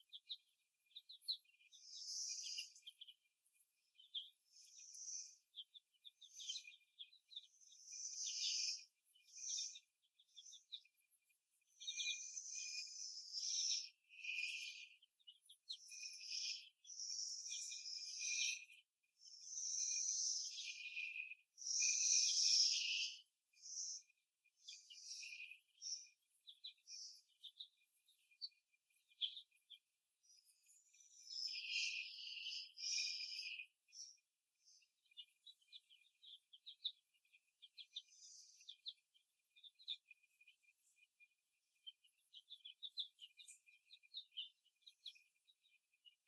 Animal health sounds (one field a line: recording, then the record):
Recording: young laying hens in a cage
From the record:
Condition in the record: after the stressor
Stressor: simulated dog barking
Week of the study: 1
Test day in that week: 2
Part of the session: 2